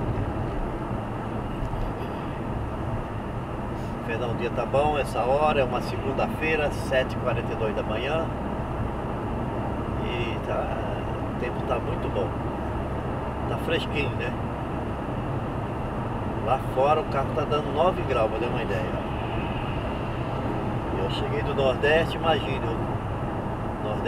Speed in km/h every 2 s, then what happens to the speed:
101, 101, 101, 103, 104, 105, 106, 106, 106, 106, 105, 103.
0-24 steady at about 104.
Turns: none.